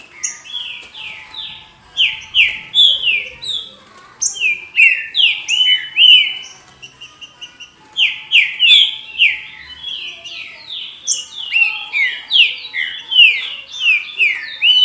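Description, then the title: Green-winged saltator song, loud whistled phrases of slurred falling notes repeated in quick bursts. "Trinca Ferro"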